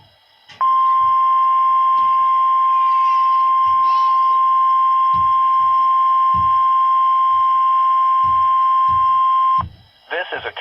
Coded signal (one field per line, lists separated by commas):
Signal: Emergency Alert System (SAME) tones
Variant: 1050 Hz attention tone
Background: speech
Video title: EAS Required Weekly Test